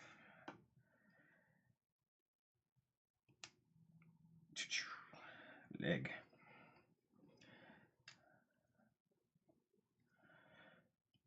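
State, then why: Not seated. A plastic leg part of a Voltron Super Minipla snap-fit model kit is handled against the robot body while someone talks softly. Short handling ticks are heard around 0.5, 3.4, 7.4 and 8.1 seconds. Nothing has seated or snapped into place yet.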